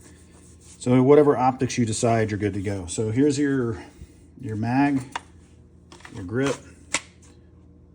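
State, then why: Seated. A magazine grip is fitted into a pistol conversion chassis and seats with one sharp click at 6.9 s. Before that, someone talks, and the clip ends with a quiet tail.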